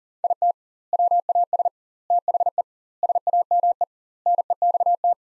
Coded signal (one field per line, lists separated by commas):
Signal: Morse code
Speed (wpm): 40 wpm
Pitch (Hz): 700 Hz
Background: none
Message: IT WAS THE SAME NEXT